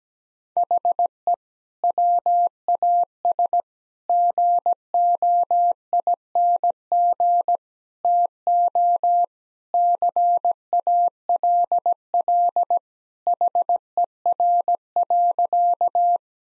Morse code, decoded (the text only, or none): HE WAS GOING TO CALL HER.